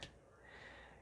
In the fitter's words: you kind of hear it click on there so I mean I may just not worry about it for now but